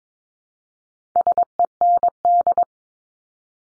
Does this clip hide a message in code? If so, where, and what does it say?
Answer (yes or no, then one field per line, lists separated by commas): yes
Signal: Morse code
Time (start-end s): 1.2-2.6 s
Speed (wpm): 22 wpm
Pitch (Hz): 700 Hz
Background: none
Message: SEND